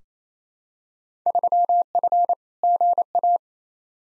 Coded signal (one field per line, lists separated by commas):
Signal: Morse code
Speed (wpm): 27 wpm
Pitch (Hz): 700 Hz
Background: none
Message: 3F GA